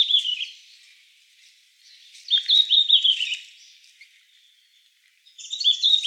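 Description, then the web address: Red-flanked bluetail giving three brief, sweet warbled phrases spaced a couple of seconds apart. Recorded on 11 December 2016. "birdenaga ruribitaki S 161211"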